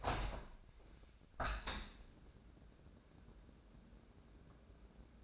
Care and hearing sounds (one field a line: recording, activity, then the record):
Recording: daily activity, microphone in the room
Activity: open window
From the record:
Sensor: 2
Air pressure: 1012.2 hPa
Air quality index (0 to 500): 130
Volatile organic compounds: 1 ppm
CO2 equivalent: 964 ppm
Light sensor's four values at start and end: 177/427/179/187 and 180/431/182/191